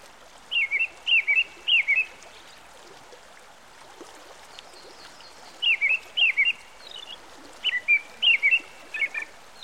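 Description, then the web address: American robin song in bursts of three or four rapid whistled caroling notes, a silent stretch, then two more bursts, over quiet background hiss. By a stream. "Dan Gibson Songbirds By The Stream. American Robin"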